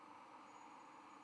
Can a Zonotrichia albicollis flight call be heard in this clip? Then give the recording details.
no. No flight call is heard. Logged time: 05:13 on 13 November 2014